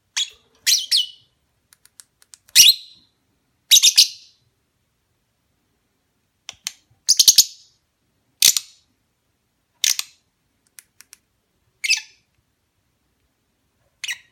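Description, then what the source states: Lovebird repeating brief piercing chirps and squeaks at irregular intervals over a long stretch, with faint clicks between. Lovebird mating call, used as a lure.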